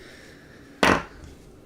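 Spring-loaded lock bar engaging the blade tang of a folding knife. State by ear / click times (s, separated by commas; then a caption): seated / 0.8 s. A folding lock knife's blade is opened until its spring-loaded lock bar latches behind the blade tang, seating it so the blade cannot close. The lock clicks into place at 0.8 seconds with a sharp, loud hit against a quiet background.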